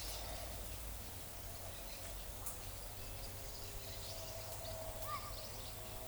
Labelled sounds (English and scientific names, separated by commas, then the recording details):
none
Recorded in forest near Pivijay, Magdalena, Colombia, on 4 June 2023 at 15:30
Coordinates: 10.467, -74.380
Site Z5-G034